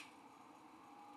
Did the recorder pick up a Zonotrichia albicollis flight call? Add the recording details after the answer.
no. No flight call is heard. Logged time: 09:43 on 5 December 2014